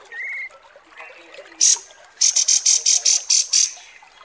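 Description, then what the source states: Kapas tembak song, a brief whistle, one loud note, then a steady run of eight sharp, high pulsed notes spaced evenly. Masteran training recording of kapas tembak song.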